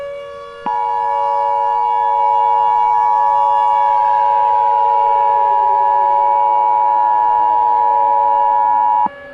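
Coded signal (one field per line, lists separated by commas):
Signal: Emergency Alert System (SAME) tones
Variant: 853 and 960 Hz attention tone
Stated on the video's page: Simulated EAS mock using valid SAME tones.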